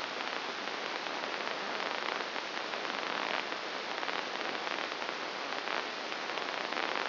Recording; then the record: brain microelectrode recording played as sound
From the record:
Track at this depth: inside the subthalamic nucleus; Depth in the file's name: 3.502 mm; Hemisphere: left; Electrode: 2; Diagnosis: Parkinson's disease